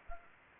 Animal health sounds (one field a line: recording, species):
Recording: mosquito wingbeat signal from an infrared sensor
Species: Anopheles arabiensis